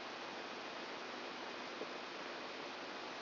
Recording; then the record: brain microelectrode recording played as sound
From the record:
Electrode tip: outside the subthalamic nucleus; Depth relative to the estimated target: 4 mm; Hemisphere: right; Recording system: AlphaMap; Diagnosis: Parkinson's disease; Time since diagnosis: 14 years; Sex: female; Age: 63 years